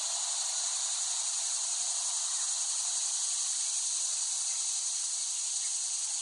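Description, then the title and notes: Cicadas in a dense, steady high-pitched buzzing chorus, an unbroken shimmering drone with no pauses throughout. Cicadas recorded in West Brighton, Staten Island, late summer 2008. "The Cicadas of Summer. Recording of cicadas made by Dan Bodah in West Brighton, Staten Island, late summer 2008"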